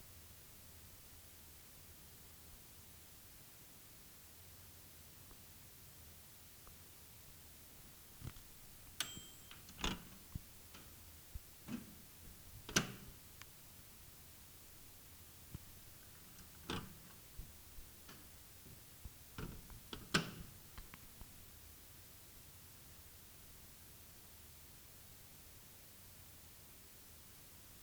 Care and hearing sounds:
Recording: daily activity, guitar pickup as the sensor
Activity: use microwave

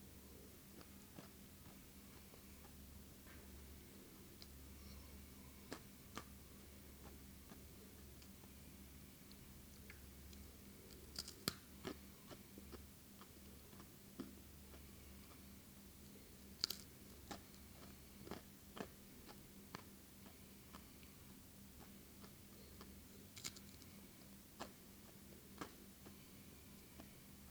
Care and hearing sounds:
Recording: daily activity, guitar pickup as the sensor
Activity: eat

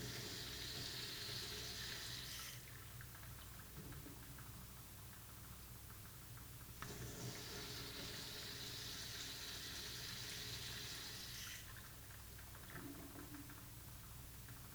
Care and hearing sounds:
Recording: daily activity, guitar pickup as the sensor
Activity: flush

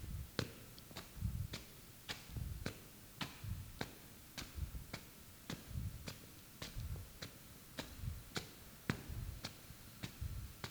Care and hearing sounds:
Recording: daily activity, guitar pickup as the sensor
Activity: walk

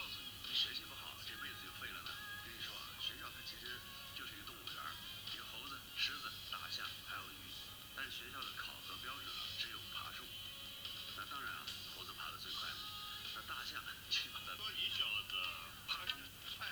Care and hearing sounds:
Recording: daily activity, guitar pickup as the sensor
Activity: browse video

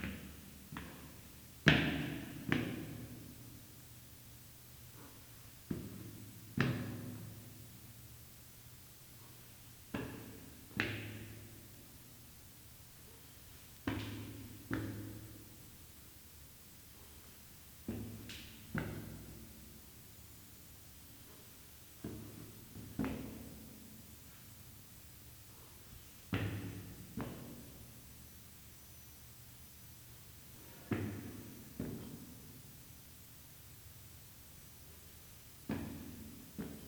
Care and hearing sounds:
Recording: daily activity, guitar pickup as the sensor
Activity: go upstairs

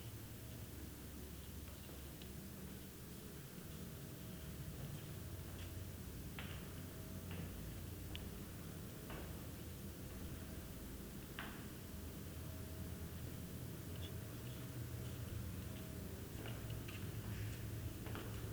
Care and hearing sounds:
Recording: daily activity, guitar pickup as the sensor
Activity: go downstairs

